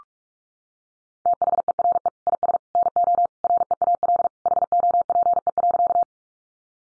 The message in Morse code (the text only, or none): THERE IS NO REAL HOPE.